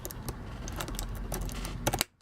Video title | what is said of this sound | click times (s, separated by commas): TRANSFORMERS G1 ACTION MASTER OPTIMUS PRIME O-RING REPAIR JOB! | You hear that snap? | 2.0 s